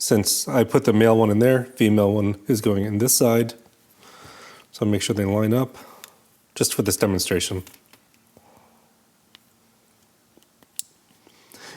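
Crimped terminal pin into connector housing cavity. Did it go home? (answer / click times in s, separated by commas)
yes / 10.8 s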